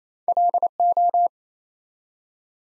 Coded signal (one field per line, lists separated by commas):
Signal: Morse code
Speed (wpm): 27 wpm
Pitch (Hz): 700 Hz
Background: none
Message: LO